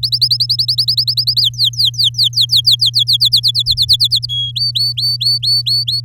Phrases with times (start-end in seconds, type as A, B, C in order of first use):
0.03-1.41 A, 1.42-3.17 B, 3.20-4.26 C, 4.29-4.51 D, 4.55-6.00 E